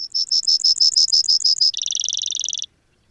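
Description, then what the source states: Brewer's sparrow song opening with a string of high, regularly repeated notes, then changing to a quicker, dry trill that stops sharply after under three seconds. Recorded in Sierra Valley in 2009.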